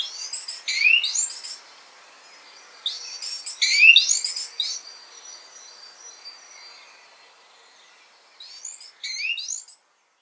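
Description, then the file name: Great tit calls in two quick bursts of high, swooping chirps, a long quiet pause, then a short final burst of similar notes. "Parus major"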